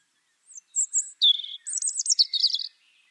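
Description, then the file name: European robin singing a short phrase: a few high thin notes, then a lower swooping note and a fast, rippling, jingling series. "Erithacus rubecula"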